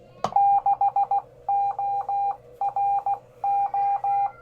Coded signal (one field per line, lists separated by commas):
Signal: Morse code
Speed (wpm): 16 wpm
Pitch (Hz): 800 Hz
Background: none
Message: 6ORO